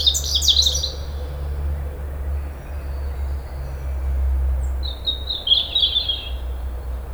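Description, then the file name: European robin song: a burst of high, tinkling twittered notes at the start and another thin, jangling phrase near the end, over a constant low hum. "Erithacus rubecula"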